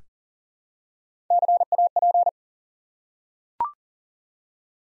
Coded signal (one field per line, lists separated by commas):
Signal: Morse code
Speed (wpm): 42 wpm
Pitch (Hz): 700 Hz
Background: none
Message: CAP